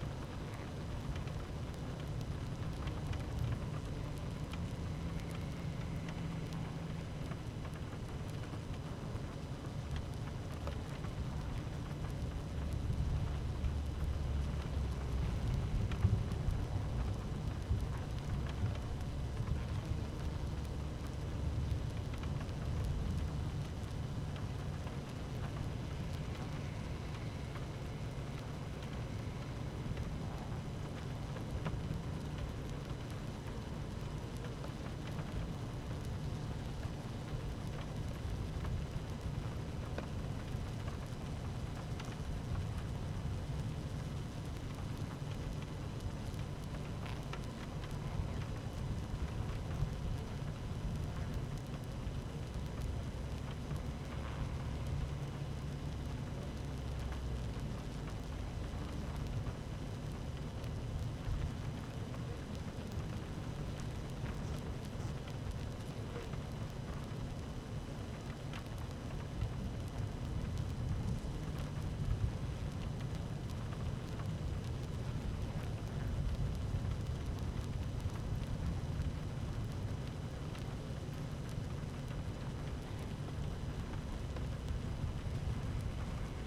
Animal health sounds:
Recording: honeybee colony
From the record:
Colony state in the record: active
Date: 12 June 2018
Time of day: 13:22

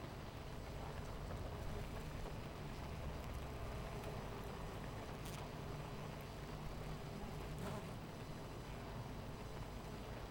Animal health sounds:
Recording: honeybee colony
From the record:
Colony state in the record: missing queen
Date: 14 July 2017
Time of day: 9:50

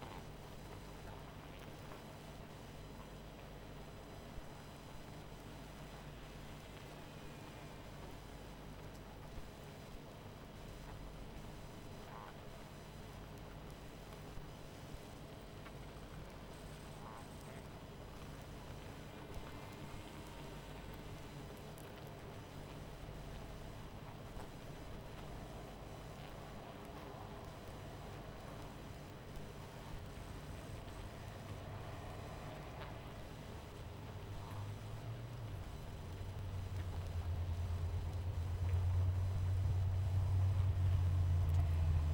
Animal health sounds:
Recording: honeybee colony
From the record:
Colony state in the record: missing queen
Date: 14 July 2017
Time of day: 21:47

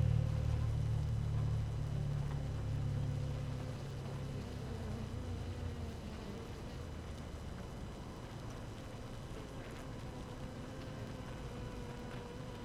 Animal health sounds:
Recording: honeybee colony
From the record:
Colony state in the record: active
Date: 12 June 2018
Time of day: 5:55

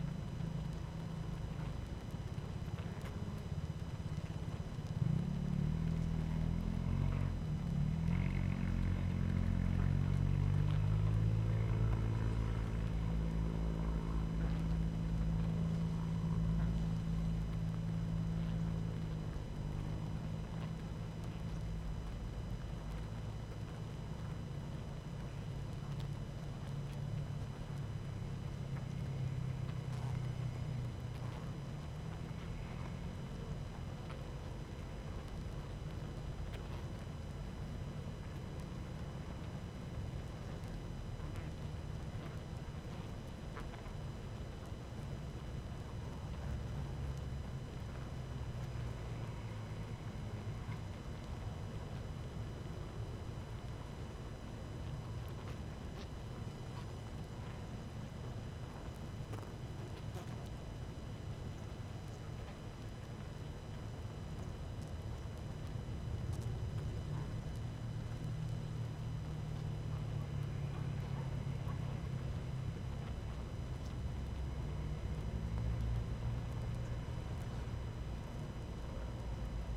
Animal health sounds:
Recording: honeybee colony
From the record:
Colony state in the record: active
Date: 12 June 2018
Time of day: 18:27

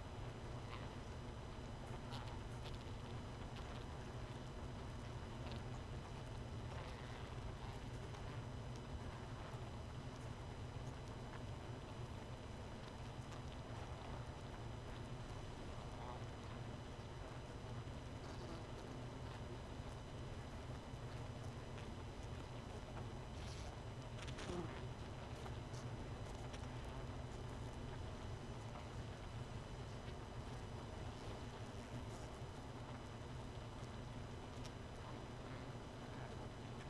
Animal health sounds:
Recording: honeybee colony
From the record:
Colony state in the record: missing queen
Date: 31 May 2018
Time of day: 1:46

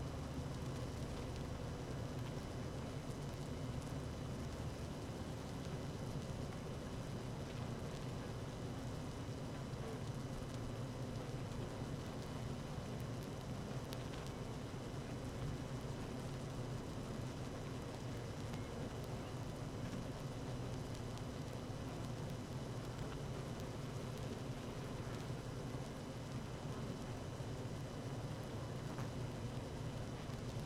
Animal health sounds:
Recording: honeybee colony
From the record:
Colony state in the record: active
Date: 12 June 2018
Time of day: 17:34

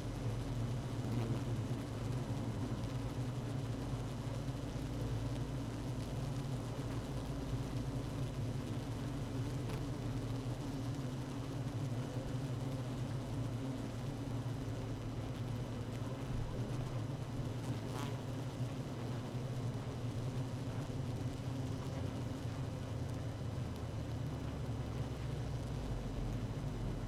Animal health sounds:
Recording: honeybee colony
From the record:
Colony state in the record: active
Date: 12 June 2018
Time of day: 16:59

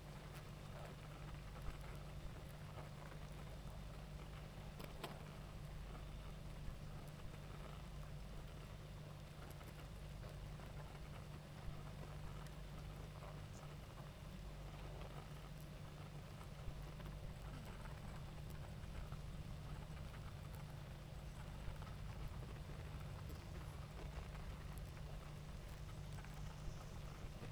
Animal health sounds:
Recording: honeybee colony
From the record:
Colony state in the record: active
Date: 28 July 2017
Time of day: 19:10

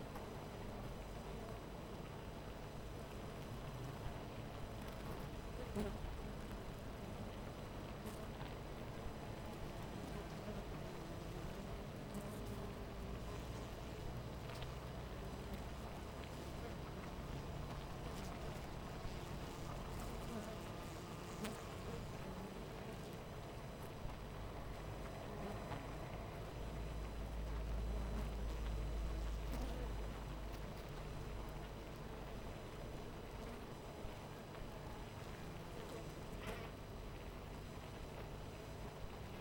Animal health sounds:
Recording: honeybee colony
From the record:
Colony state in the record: missing queen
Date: 14 July 2017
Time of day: 12:55

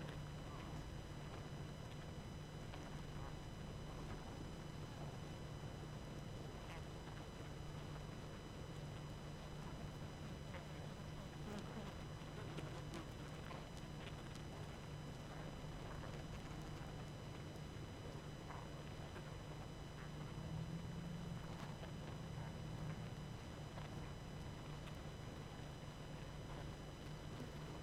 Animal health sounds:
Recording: honeybee colony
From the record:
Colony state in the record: active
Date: 12 June 2018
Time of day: 21:34

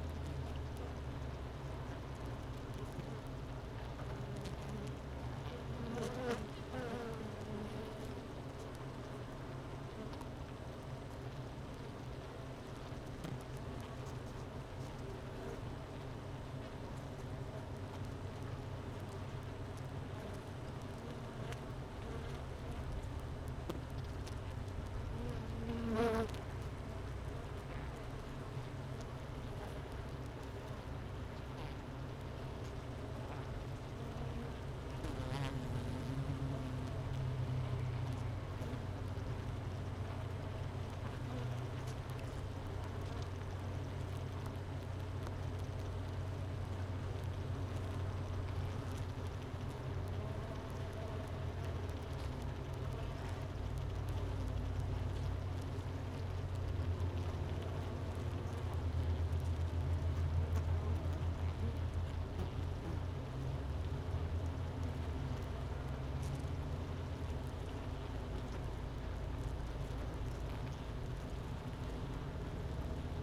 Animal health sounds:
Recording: honeybee colony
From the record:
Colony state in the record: missing queen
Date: 31 May 2018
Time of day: 10:56

